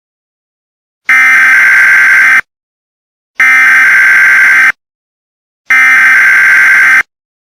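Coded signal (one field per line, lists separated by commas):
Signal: Emergency Alert System (SAME) tones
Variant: header bursts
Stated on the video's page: Fictional EAS scenario.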